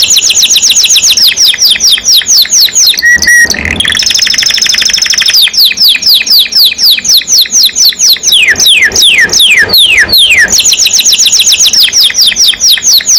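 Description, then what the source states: Canary song: long series of fast descending sweeps, a short whistled trill, a steady high rattle, then more repeated downslurred notes, continuous and loud. Singing constantly (gacor); champion-level singer, first place winner.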